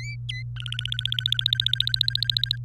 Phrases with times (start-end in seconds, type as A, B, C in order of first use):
0.29-0.42 A, 0.56-2.56 B